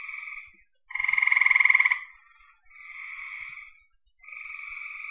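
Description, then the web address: Frogs trilling in short buzzy bouts separated by brief pauses; one louder, clearly pulsed trill lasts about a second near the start. "cn frogs"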